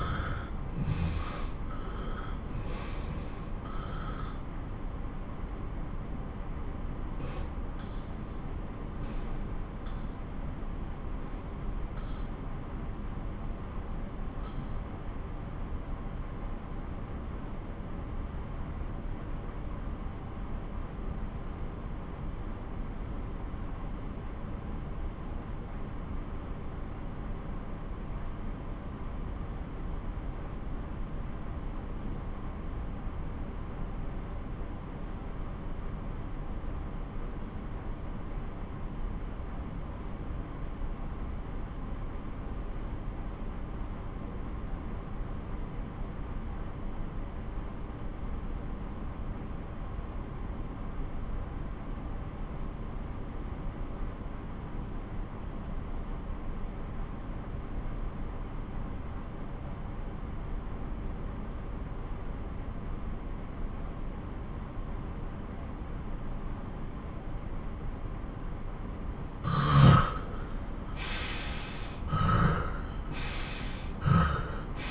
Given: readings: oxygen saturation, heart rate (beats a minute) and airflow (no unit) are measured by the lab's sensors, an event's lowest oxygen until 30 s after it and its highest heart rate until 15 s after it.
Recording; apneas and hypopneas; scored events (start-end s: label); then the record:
breathing in sleep by a smartphone at the bedside; 1
5.00-66.90 s: obstructive apnea (N1, oxygen 96% highest, then 78% lowest)
10.00-74.90 s: new sleep stage, N2 (light sleep)
From the record:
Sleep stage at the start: N1 (lightest sleep); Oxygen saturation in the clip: 82 to 96%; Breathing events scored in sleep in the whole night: 217 in 6.3 hours asleep